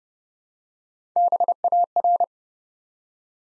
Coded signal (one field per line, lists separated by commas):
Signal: Morse code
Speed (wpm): 29 wpm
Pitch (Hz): 700 Hz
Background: none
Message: BAR